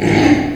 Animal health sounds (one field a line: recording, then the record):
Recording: squeal of a Yucatan mini pig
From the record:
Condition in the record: before surgery on the right vocal fold (resection and tissue-engineered implant)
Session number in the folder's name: 3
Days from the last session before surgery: 0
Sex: female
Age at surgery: 19 weeks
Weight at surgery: 25 kg